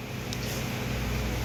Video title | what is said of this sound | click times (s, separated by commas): Electric Rickshaw 48v 50A Controller Wiring Full detail Cy gold controller wiring - Naks | lock हो गया अब मैं accelerator के साथ इसको कनेक्ट कर देता हूं अभी सीक्वेंस हमारा सही हो गया है | 0.3 s